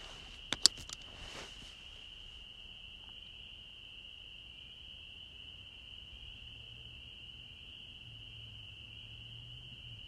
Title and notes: 6 de Abril 21:40 h. Holliston, Massachusetts. EEUU. Los únicos ruidos eran los grillos y las ranas.